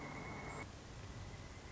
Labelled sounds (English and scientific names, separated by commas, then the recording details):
Pileated Woodpecker (Dryocopus pileatus)
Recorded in Sonoma County, California